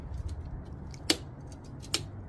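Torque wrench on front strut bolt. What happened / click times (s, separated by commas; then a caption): The torque wrench clicked at its setting / 1.9 s. A click-type torque wrench set to 34 Nm tightens a front strut bolt during a Bilstein front strut shock replacement on a BMW X5/X6 (2007–13 E70/E71, 2014–18 F15/F16). Against a low background hum, a sharp click sounds at about 1.1 s, and the wrench clicks off at about 2.0 s. This confirms the bolt has reached the 34 Nm setting.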